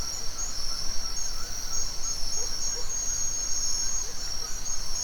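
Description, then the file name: Steady high-pitched cricket trilling runs throughout, with faint brief calls from other creatures and low background rumble. Forest ambience at dawn in Mexico, with crickets and other insects. "nature ambience forest dawn owl birds crickets insects mexico"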